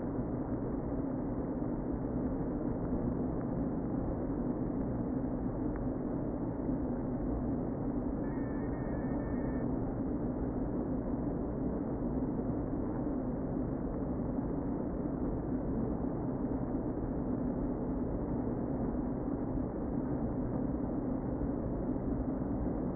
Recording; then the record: honeybee colony, microphone inside the hive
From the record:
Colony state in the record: queen present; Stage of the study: before two queens were removed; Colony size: about 60,000 bees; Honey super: yes